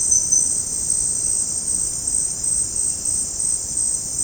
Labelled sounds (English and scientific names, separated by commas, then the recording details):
none
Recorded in dense forest near Puerto Asís, Putumayo, Colombia, on 29 June 2025 at 17:30
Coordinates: 0.486, -76.317
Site G065